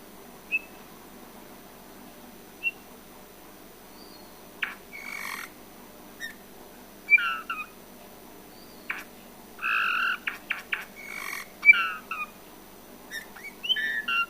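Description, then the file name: Eurasian bullfinch producing scattered piping whistles and brief creaky notes, sparse at first, then a denser burst of buzzy calls after the midpoint. "Pyrrhula pyrrhula"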